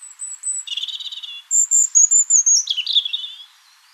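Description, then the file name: European robin song with a stuttered buzzy trill, then a run of piercing high notes that drops into a liquid descending warble. "Erithacus rubecula"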